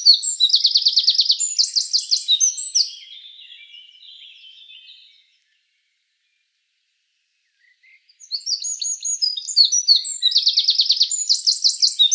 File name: Troglodytes troglodytes